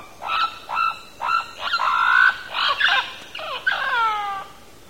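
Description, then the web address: Mealy parrot calling: a run of honking, nasal notes with clear harmonics, some sliding up or down, given in quick succession. Recorded in Belize. "belize birds birdsongs mealy-parrot"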